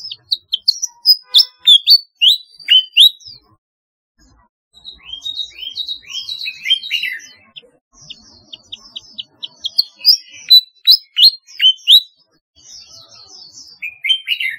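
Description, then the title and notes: Flycatcher song: lively series of high, piercing chirps and slurred whistles in repeated bursts with short pauses, including a few softer, buzzier passages. "Kicau Burung Sikatan"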